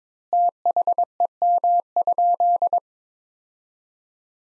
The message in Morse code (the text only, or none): THEM?